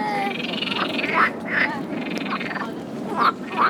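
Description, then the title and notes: Frog croaks, several short quacking calls spaced unevenly against a steady background hiss. Several frogs quacking at a pond in the Flora botanical garden, Cologne, Germany. "Amsterdamer Str. 52, 50735 Köln, Deutschland - Quackende Frösche. quacking frogs. Köln, Flora, Botanischer Garten, Teich, Frösche, Cologne, Botanical Garden, Pond, Frogs"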